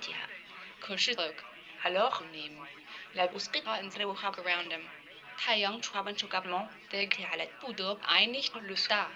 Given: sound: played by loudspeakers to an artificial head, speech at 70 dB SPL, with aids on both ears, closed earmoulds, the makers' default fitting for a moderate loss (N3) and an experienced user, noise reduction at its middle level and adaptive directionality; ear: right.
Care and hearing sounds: speech test signal (ISTS) in cocktail-party noise; +9 dB; on the right (90 degrees)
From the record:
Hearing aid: class 1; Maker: F

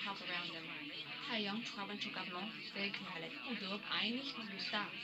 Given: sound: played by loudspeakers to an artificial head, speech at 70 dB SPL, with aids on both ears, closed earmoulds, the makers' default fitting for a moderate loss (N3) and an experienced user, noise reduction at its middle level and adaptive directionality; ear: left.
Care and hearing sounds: speech test signal (ISTS) in cocktail-party noise; +6 dB; on the right (90 degrees)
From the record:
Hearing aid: class 1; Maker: D

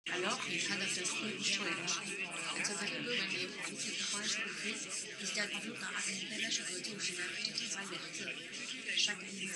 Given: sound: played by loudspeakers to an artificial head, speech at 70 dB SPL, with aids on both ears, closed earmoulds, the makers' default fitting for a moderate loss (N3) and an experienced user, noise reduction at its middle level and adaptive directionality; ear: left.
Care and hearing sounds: speech test signal (ISTS) in cocktail-party noise; 0 dB; on the right (90 degrees)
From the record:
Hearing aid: class 1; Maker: J

